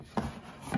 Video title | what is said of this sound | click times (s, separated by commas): Glacier Bay Moulded Wood Toilet Seat Installation Tutorial & Quickest Toilet Seat Removal Demo | right you got to push on it you'll hear it pop in like that and | 0.2 s